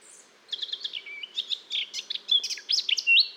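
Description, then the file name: Eurasian blackcap song of quick chirps and whistled slurs, growing louder toward the end. "Sylvia atricapilla"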